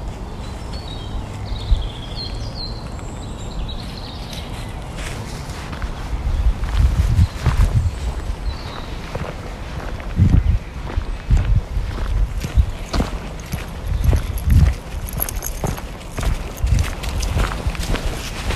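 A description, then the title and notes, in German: Footsteps crunch steadily along a forest path, regular and growing denser and louder after about seven seconds. Birds chirp and whistle, most clearly in the first few seconds, over a low, constant outdoor rumble. Abends mit dem Hund raus. Eine Stunde Spaziergang im Wald mit Hund. Viele Vögel, ein paar andere Spaziergänger*innen, keine anderen Hunde.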